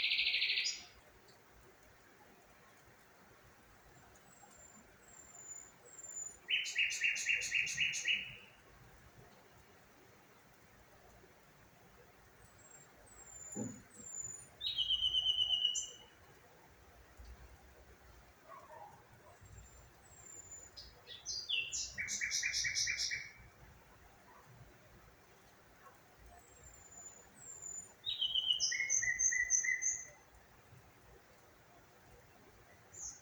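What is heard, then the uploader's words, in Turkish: Birds sing in short bursts over a quiet, low rumbling background. Dense trilled phrases come roughly every seven or eight seconds, near 1, 7, 15, 22 and 29 seconds, with thin high whistles and faint chirps scattered between them. DOĞA SESLERİ. Kuş Sesleri.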